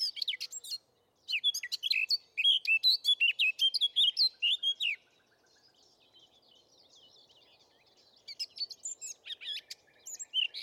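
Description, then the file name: Eurasian blackcap song: a rapid, varied warble of high chirping notes in three bursts, with quiet pauses in between. "Sylvia atricapilla"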